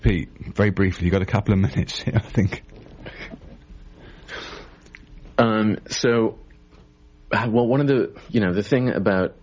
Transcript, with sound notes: Peake, very briefly, you got a couple of minutes, I think. - (laughs) So, well, one of the, you know, the thing about